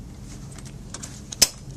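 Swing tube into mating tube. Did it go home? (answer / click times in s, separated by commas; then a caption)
yes / 1.4 s. With the button on the other side depressed, a Graco Lovin Hug Swing tube is pushed into its mating tube, making a few faint light ticks around 0.9–1.3 s over a low steady hum. A sharp bright click at 1.4 s marks the tube clipping into place and seating.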